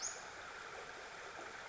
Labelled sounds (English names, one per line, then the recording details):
Western Flycatcher
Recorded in Sonoma County, California